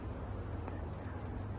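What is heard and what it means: The spring latch on a folding pedal of a Dahon Curl i3 trifold folding bike is compressed, the pedal is put back into its crank pedal mount, and the latch is released. A single short, sharp click at 0.7 s stands out above a steady low-frequency background hum as the latch locks the pedal in place.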